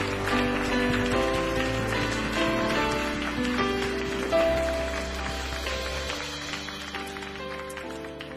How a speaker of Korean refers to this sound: 하나님께 영광의 박수 올려드리겠습니다. 아멘.